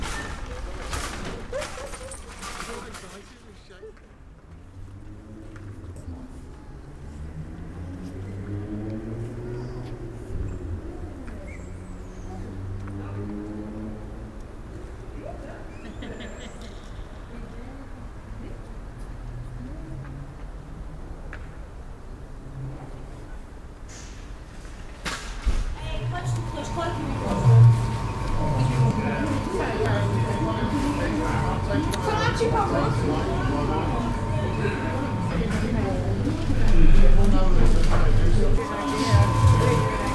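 Voices murmur over a low steady rumble, then from about 25 seconds the scene grows louder and busier, with a thin whining tone.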